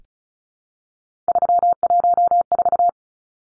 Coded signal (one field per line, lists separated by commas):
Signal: Morse code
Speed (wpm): 34 wpm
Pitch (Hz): 700 Hz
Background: none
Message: 314